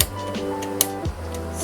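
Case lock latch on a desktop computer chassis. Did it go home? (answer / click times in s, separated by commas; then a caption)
yes / 0.0 s, 0.8 s. The lock/unlock latch on an Alienware Aurora R6 (2017 Edition) desktop computer case is flipped, giving a sharp click in each direction at 0.0 s and 0.8 s over a steady background hum. Both clicks come through cleanly, and the latch clicks both ways.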